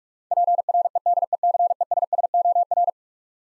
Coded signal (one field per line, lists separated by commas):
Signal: Morse code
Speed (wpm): 46 wpm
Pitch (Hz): 700 Hz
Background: none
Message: PREDECESSOR